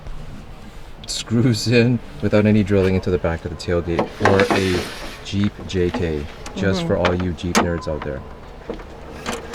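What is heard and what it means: Someone talks while handling a folding table panel, with a stainless top and an aluminum back, that screws into a mount on the back of a Jeep JK tailgate without any drilling. Brief knocks are heard at about 8.7 and 9.5 seconds, but nothing has seated or clicked into place yet.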